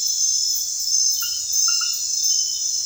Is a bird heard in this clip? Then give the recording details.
no. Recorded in secondary vegetation near Puerto Asís, Putumayo, Colombia, on 29 June 2025 at 23:00. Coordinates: 0.498, -76.327. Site GP09